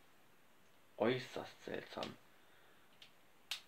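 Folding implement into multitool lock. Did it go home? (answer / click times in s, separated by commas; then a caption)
yes / 3.5 s. A folding implement on a multitool is moved and clicks back into its locked position, seating at 3.5 s. Someone talks from about 1.0 to 2.2 s, then a faint tick comes at 3.0 s before the sharp, louder lock click at 3.5 s.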